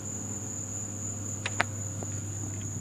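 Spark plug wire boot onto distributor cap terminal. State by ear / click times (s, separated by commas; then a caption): seated / 1.6 s. During a tune-up on a Mazda 626 4-cylinder, a rubber spark plug wire boot is pushed back onto its metal terminal on the distributor cap. A steady high whine and low hum run throughout, with a brief knock at 1.5 s and then a sharp click at 1.6 s as the boot seats in place.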